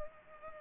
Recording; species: mosquito wingbeat signal from an infrared sensor; Culex pipiens